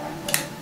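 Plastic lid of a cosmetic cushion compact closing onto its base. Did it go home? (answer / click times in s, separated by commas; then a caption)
no / none. The plastic lid of a cushion highlighter compact is pressed closed onto its base, making a soft knock at about 0.3 s and a brief, sharp tap right after. The lid does not latch because its front catch seems to be missing, so nothing has clicked shut.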